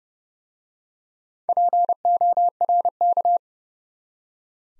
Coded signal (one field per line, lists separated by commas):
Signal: Morse code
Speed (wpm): 30 wpm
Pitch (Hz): 700 Hz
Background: none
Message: PORK